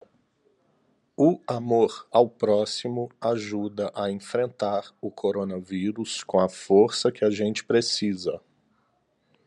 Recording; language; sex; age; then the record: spoken sentence; Brazilian Portuguese; male; 30 to 39 years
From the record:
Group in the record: control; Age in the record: 36 years